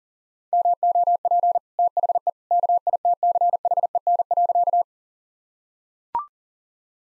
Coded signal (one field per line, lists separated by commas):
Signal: Morse code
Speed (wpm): 40 wpm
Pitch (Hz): 700 Hz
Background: none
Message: MOP THE KITCHEN.